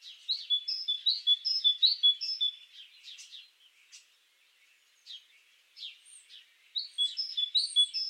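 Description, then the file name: Great tit repeating clear two-note phrases in a brisk rhythm, pausing amid softer chirps, then starting another run of the same paired whistles. "Parus major"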